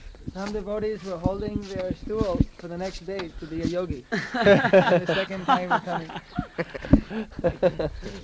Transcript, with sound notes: Some devotees were holding their stool for the next day to be a yogī, [laughter] the second time coming.